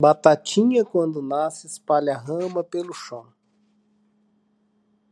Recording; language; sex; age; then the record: short text; Brazilian Portuguese; male; 40 to 49 years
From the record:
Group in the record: control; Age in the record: 47 years